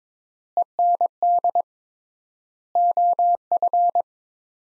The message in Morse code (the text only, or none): END OF